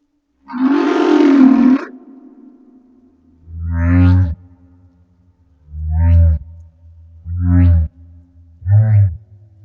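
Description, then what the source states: Humpback whale song opening with a rough, roaring blast, then four short, deep pulsed grunts. Recorded off Madagascar.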